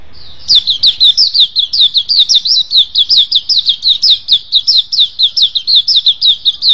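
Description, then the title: Oriental magpie-robin delivering a continuous, rhythmic run of piercing down-slurred whistles, several notes per second, steady throughout with no other noise. "Kicau Kacer Durasi Panjang 1jam Lebih"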